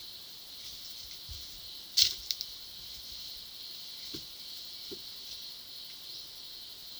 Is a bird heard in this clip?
no